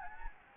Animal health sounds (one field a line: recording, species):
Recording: mosquito wingbeat signal from an infrared sensor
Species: Anopheles gambiae